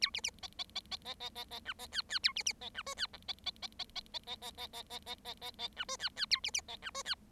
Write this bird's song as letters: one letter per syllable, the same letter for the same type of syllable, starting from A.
A B B C C C C C C C C D C E E A B B C D F E G C C C C C C C C C C C C C C C D F E E A B B C D F E